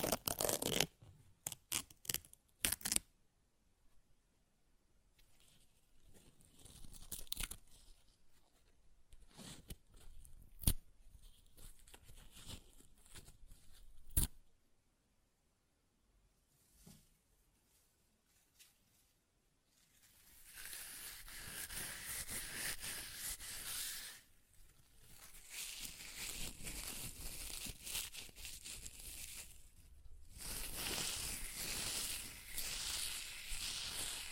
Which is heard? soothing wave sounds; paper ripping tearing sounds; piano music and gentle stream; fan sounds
paper ripping tearing sounds